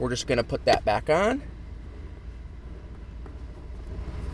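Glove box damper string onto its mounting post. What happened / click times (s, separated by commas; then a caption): The part is being handled and has not clicked into place yet / none. Someone talks while refitting the black glove box damper string (tensioner) of a Nissan Xterra onto its plastic mounting post behind the dash, followed by quiet background noise and a faint tick around 3.3 s. The string is being put back on, but nothing has seated or clicked yet.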